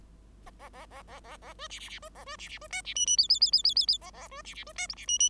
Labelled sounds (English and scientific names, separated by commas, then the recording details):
Bengalese Finch (Lonchura striata domestica) song
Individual Bird5